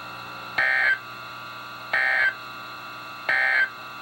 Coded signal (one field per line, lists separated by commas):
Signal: Emergency Alert System (SAME) tones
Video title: EAS #244-#266: Spot the Difference | KHB36, WNG736, KEC83, & WXM42